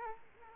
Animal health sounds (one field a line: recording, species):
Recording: mosquito wingbeat signal from an infrared sensor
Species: Culex quinquefasciatus